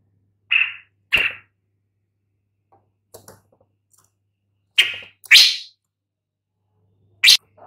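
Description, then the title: Long-tailed shrike giving harsh, scratchy calls, mostly in pairs, with faint notes in the gaps. "Lanius Schach Sun"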